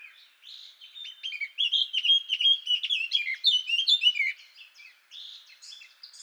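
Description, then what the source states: Eurasian blackcap song: a continuous mellow warble of varied whistled and twittering notes, louder in the middle, with soft scratchy passages before and after. Recorded in Garching on 17 June 2014.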